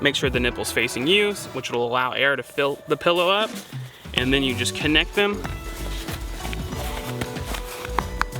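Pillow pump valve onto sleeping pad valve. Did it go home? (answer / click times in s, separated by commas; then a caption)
yes / 8.0 s, 8.2 s. Someone talks over background music while the plastic twist valve of an inflatable pillow pump is pushed onto the valve of an REI Camp Dreamer self-inflating sleeping pad. Soft handling taps lead into two sharp snaps at 8.0 and 8.2 seconds as the pillow pump valve seats onto the pad valve and connects.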